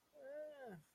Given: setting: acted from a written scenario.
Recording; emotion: vocal sound without words; distress